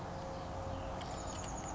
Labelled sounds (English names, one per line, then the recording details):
Chestnut-backed Chickadee
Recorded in Sonoma County, California